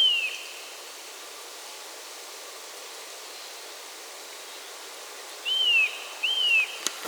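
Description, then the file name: Eurasian nuthatch calls: clear, high whistled notes that slide downward, one at the start, then two more close together near the end, followed by a sharp click. "Sitta europaea"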